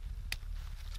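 A tent pole tip is pushed into the Jake's foot corner fitting on the body of a Nemo Hornet 1P tent (2019 version) and pops right in. One sharp, loud click at 0.3 s marks it seating, followed by a faint tick near 0.9 s over a low background rumble.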